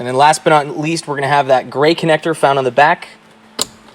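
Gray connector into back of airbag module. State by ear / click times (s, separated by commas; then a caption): seated / 3.6 s. Someone talks while the gray plastic connector is slid into the back of the airbag module during a NISMO steering wheel install on a 370Z. A short, sharp click at 3.6 s shows it seating in place easily.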